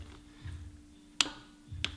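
After being reset, a click-type torque wrench is pulled again on a main bearing cap bolt of a Miata engine during a thrust washer replacement. It gives a sharp click at its setting at 1.2 s, followed by another short tick at about 1.8 s, with faint low rumbles in the background. The wrench is confirmed to click at its set torque.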